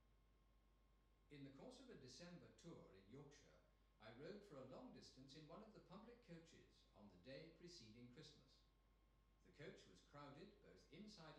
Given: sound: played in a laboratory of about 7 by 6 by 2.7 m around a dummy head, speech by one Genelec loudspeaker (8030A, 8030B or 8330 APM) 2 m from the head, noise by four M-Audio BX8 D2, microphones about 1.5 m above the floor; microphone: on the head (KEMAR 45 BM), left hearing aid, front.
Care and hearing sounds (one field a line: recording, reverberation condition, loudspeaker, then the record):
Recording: male speech in English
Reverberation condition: medium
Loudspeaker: 30 degrees to the right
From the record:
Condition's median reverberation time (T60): about 510 ms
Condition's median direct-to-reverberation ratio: about -0.5 dB